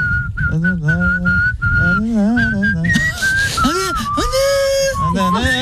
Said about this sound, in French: Juste pour voir comment tu le ferais. On dirait un western. Il chante sûrement le couplet. On attend le refrain. Tu siffles comme un vieux. Tu siffles comme un pépé. Ouais. On a l'air con quand on siffle en fait.